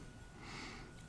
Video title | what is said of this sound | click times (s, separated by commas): Din rail terminal blocks | you do that and then you just press down and it snaps in place okay just like that | 1.0 s